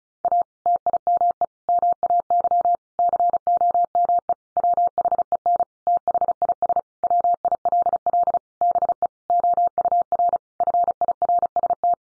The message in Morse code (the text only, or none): A TIME MAY COME WHEN THIS WILL BE OUR FIRST